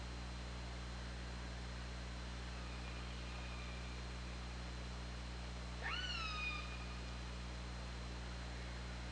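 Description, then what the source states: Killer whale call: a faint drawn-out whistle-like tone, then a louder call sweeping sharply up and levelling off with stacked harmonics, over steady low underwater hum. Recorded on the OrcaLab hydrophone, 24 August 2017 at 21:34.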